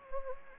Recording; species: mosquito wingbeat signal from an infrared sensor; Anopheles gambiae